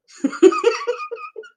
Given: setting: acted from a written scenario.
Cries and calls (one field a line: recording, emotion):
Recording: vocal sound without words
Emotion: amusement